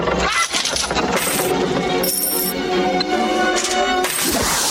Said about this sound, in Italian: E qui zio Paperone si lancia nella sua piscina fatta di monete. Avete mai visto uno spettacolo così luminoso?